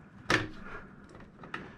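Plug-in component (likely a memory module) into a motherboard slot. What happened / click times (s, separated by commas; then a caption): The plug-in module snaps home in its slot / 1.5 s. A plug-in component, likely a memory module, is pressed again into a motherboard slot where it had been sitting without clicking. A loud broadband knock at about 0.3 s is followed by a quieter stretch. A short, sharp click at 1.6 s marks the component finally clicking into place and seating.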